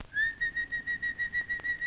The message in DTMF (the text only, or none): none